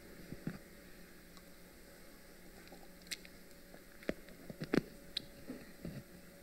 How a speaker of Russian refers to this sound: Можно я чуть воды попью?